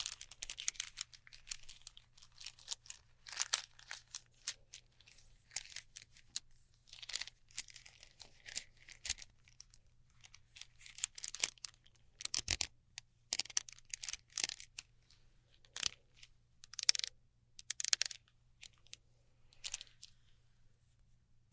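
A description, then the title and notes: Sticky tape and slime crackle in dense, irregular bursts of bright crinkling and tearing over a faint steady low hum throughout. ASMR Neon Triggers（no Talking）. Slime. Sticky Tape.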